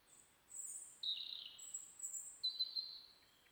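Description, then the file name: European robin song of high, thin sustained whistles alternating with lower wavering notes, phrases shifting pitch abruptly, against faint background hiss. "Erithacus rubecula"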